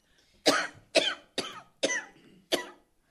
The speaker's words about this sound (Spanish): Entonces me acerco al escritorio, como no me salían las palabras, de la calentura que tenía, empiezo a toser.